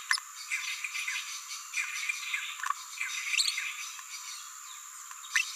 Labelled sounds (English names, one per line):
Green-rumped Parrotlet babbling